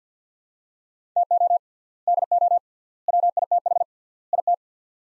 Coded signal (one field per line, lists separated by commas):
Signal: Morse code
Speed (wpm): 50 wpm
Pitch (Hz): 700 Hz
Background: none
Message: TO DO WITH IT